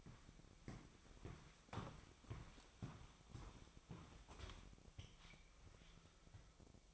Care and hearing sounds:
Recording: daily activity, microphone in the room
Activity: walk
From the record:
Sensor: 1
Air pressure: 1001.7 hPa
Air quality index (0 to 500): 222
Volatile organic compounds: 30 ppm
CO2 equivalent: 2958 ppm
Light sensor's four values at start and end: 10/34/12/14 and 10/34/12/14

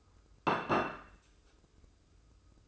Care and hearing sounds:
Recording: daily activity, microphone in the room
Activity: place plate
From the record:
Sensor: 2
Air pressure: 995.1 hPa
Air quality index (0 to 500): 60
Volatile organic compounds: 2 ppm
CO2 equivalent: 999 ppm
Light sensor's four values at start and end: 14/47/18/17 and 14/47/18/17

